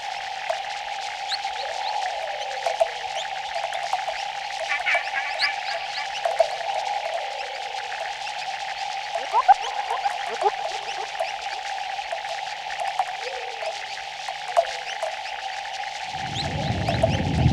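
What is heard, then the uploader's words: Dense jungle chorus of insects and birds with a steady mid-pitched drone, scattered chirps and clicks, and a low rumble rising near the end. Natura Sintetica. A reconstruction of the original montage using only electronic audio synthesis to reinvent the sounds of nature. Field recordings from the jungles of South America.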